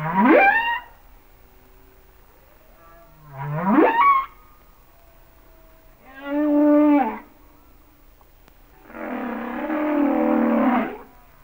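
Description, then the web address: Humpback whale song, two rising whoops followed by a buzzy tonal moan and a long rough, noisy unit. "Whale Songs Sounds of Nature - Humpback Whales"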